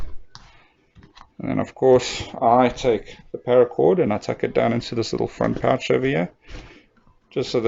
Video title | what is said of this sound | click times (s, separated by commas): Episode 13 Okavango Bowie Review Checkers Knife | it is a little loose but it doesn't just fall out then you can engage the lock | 0.4 s